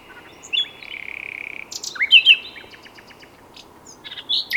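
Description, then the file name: Common nightingale song: a steady buzzing trill, then loud swooping whistled notes and a final rising flourish. "Luscinia megarhynchos"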